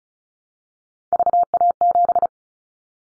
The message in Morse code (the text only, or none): VA7